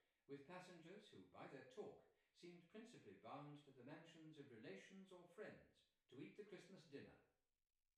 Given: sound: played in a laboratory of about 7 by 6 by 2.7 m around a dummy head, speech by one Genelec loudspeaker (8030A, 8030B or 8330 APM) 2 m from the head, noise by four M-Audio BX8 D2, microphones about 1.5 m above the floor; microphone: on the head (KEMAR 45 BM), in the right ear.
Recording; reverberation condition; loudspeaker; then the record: male speech in English; medium; 60 degrees to the left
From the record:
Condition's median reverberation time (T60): about 510 ms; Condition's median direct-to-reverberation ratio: about -0.5 dB